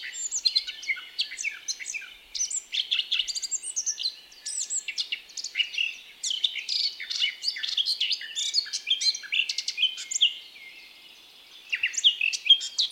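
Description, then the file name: Eurasian blackcap pouring out dense, high twittering warbles, with a quiet gap of about a second near the end before singing again. "Sylvia atricapilla"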